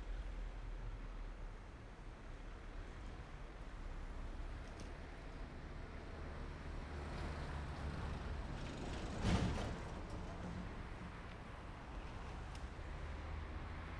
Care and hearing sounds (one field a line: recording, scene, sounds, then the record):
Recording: everyday scene through a hearing-aid microphone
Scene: in traffic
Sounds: traffic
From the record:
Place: main road on the outskirts, rush hour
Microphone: behind the ear, right, rear